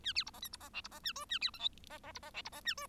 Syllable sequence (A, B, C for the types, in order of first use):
A B C D E C D F C D A G A B H I D D C D F C D A G